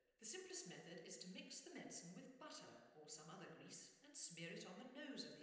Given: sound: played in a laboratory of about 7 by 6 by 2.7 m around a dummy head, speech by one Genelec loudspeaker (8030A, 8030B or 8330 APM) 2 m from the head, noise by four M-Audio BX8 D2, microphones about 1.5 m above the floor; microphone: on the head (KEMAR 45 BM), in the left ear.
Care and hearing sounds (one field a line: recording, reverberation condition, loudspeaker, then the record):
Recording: female speech in English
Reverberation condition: high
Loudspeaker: 30 degrees to the left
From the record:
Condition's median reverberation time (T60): about 1300 ms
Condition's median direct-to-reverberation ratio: about -4.0 dB